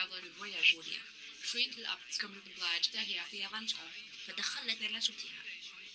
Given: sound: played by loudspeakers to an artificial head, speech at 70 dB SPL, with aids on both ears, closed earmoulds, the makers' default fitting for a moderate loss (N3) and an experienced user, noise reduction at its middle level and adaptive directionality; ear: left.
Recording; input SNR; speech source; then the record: speech test signal (ISTS) in cocktail-party noise; +9 dB; on the right (90 degrees)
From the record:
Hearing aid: class 2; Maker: J